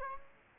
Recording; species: mosquito wingbeat signal from an infrared sensor; Aedes aegypti